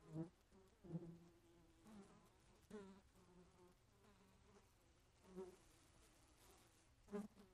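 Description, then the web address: Fly buzzing in low, droning bursts that come and go every second or two, broken by sharp tapping knocks. "flies"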